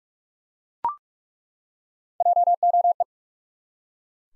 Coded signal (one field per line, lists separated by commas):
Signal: Morse code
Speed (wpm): 46 wpm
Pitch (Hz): 700 Hz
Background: none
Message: JOE